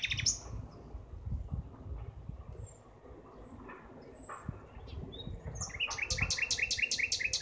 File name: Gesang Nachtigall